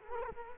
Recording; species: mosquito wingbeat signal from an infrared sensor; Culex quinquefasciatus